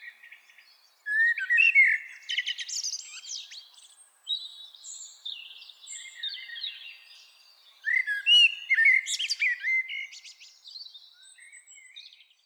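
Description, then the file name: Common blackbird delivering three warbling phrases that mix melodic lower notes with shrill twittering. "Turdus merula"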